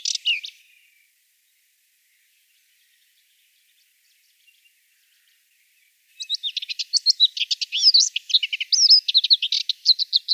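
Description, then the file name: Subalpine warbler: a short chirpy burst, a long silence, then a sustained phrase of hurried, scratchy twitters and whistled notes. "Slavka belousaja"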